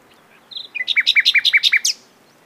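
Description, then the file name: Common nightingale giving a short, bright phrase: a whistled lead-in and several quick repeated notes, then a final high flick. "Luscinia megarhynchos"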